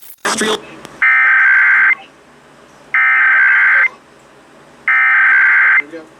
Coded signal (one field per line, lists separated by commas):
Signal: Emergency Alert System (SAME) tones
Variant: header bursts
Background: speech